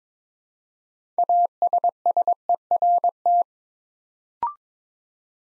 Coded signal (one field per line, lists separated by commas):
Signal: Morse code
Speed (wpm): 21 wpm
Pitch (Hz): 700 Hz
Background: none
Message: ASSERT